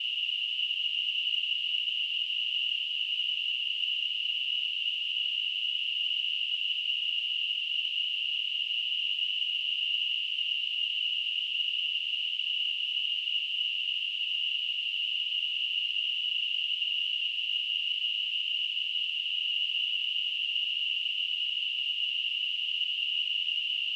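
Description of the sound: A steady, unbroken high-pitched hiss centered near 3 kHz holds at the same loudness for the full 24 seconds, with no low sounds underneath. It is a simulation of tinnitus, the constant ringing or hissing some people hear without an outside source.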